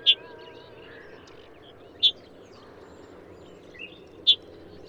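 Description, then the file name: Red-headed bunting calling with short, sharp high notes, three in under five seconds at roughly two-second gaps, over a low hum and a few soft bird notes. "Red headed Bunting Emberiza bruniceps"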